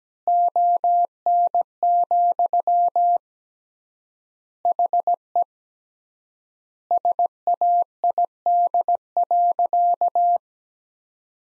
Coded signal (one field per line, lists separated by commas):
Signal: Morse code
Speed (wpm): 17 wpm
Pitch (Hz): 700 Hz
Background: none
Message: ON, HE SAID.